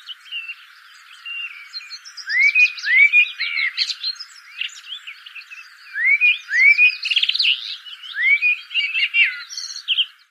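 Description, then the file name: Common blackbird singing two phrases, each made of mellow rising whistles followed by a dense, scratchy high twitter, with a short gap between them. "Turdus merula"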